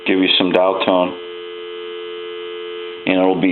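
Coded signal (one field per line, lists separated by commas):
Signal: telephone call progress tone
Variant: North America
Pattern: dial tone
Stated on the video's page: Call progress tone heard on an A&E 3-slot payphone during final checkout after repair.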